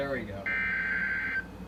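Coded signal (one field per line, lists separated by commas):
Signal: Emergency Alert System (SAME) tones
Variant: header bursts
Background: speech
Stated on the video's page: Alerts recorded in Minnesota during a 2019 EAS event.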